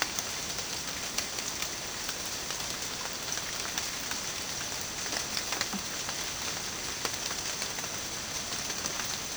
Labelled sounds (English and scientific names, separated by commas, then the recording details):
none
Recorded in dense forest near Puerto Asís, Putumayo, Colombia, on 19 June 2025 at 14:00
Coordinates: 0.484, -76.317
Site G045